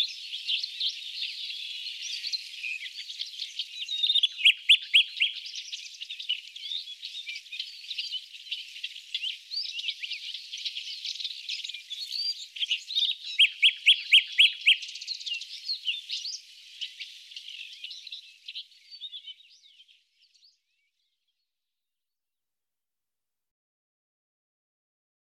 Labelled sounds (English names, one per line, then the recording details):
Common Nightingale song
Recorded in the wild
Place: Chokpak Beringungsstation, KZ
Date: 2000-05-11
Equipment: MiniDisc Sharp MT 20 H
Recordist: Schwarz, Dieter